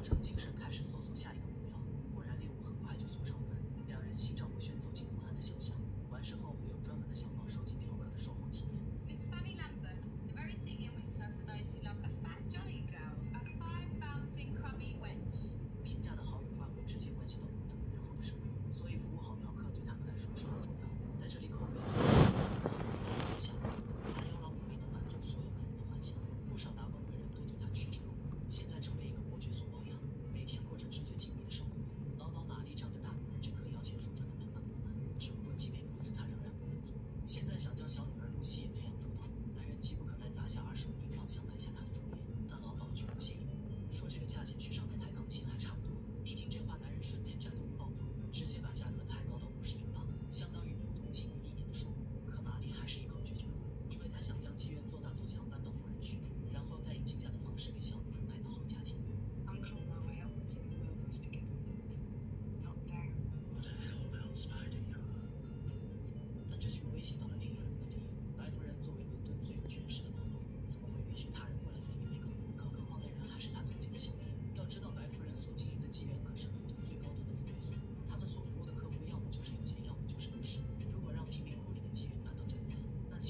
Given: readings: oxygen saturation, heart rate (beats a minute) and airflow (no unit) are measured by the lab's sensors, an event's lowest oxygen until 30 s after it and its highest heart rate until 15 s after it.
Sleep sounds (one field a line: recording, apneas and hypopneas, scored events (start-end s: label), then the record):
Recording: a person awake in a sleep study, by a smartphone at the bedside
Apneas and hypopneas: none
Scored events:
0.00-83.30 s: awake
0.00-83.30 s: awake
From the record:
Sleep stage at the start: awake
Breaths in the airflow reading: 29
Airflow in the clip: -0.6 to 0.7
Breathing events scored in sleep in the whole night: 496 in 5.4 hours asleep